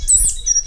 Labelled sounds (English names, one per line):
Stitchbird song